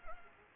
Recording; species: mosquito wingbeat signal from an infrared sensor; Anopheles arabiensis